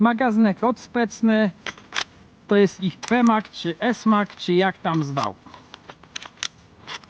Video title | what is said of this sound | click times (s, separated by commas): Double Eagle M907E - Recenzja Test Opinia | what, you don't want to clip in? | none